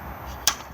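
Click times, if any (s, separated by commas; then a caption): 0.5 s. A telescopic canopy leg is dropped down, set to the required height, and its height lock snaps home with one sharp clack at 0.5 seconds, seating the lock. The rest of the clip is quiet low background.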